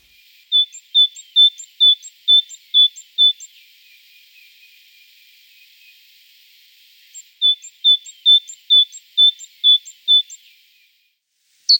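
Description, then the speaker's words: Great tit song: an even run of several thin high notes, a pause of several seconds, then a second similar run. Leaky pump song, 'teacher, teacher', the most distinctive of its huge range of sounds. "Great tits have a huge range of sounds, but the most distinctive is the leaky pump song. Teacher"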